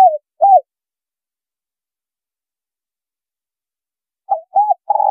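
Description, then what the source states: Spotted dove coos in fragments: a falling coo and short note, a pause, then short notes leading into a long coo cut off at the end. Female bird.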